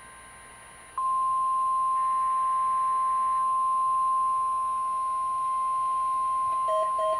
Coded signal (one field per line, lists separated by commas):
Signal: Emergency Alert System (SAME) tones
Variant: 1050 Hz attention tone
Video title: EAS #25-27 - Another RWT (on KGG68, KHB40, and KXI55)